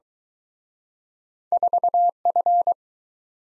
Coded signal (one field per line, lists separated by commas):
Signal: Morse code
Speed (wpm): 23 wpm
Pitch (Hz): 700 Hz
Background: none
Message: 4F